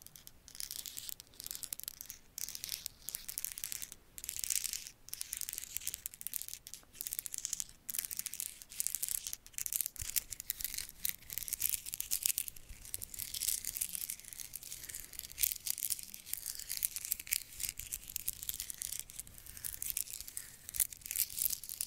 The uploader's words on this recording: ASMR Black Triggers For Sleep (tapping & scratching).